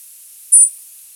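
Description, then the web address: Sparrow giving one very high, thin, hissing note lasting a fraction of a second, with quiet before and after. "species sparrows"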